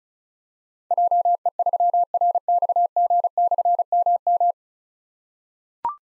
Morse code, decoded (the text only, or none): JE3RXG/MM